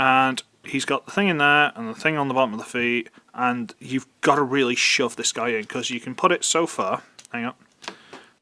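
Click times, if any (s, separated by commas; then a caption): 7.9 s. A plastic combiner limb robot's peg is shoved into the foot/leg connection port of the combined robot while someone talks, and a sharp tick is heard at 7.9 s. It feels seated, but a gray gap visible from the side shows the peg is not all the way in, so it is only partly seated.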